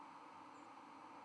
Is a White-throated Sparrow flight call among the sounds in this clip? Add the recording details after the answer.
yes. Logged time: 23:53 on 30 October 2014